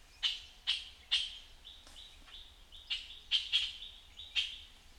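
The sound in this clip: Puff-throated bulbul calling with a series of sharp notes, two of them close together, over faint background hiss.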